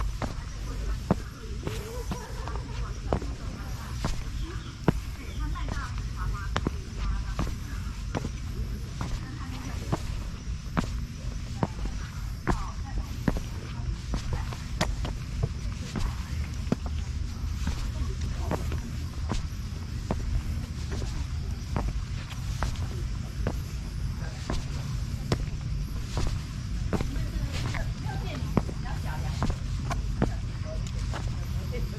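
A walk through mountain woods at sunrise: a steady low rumble under frequent sharp footstep crunches, with faint voices now and then.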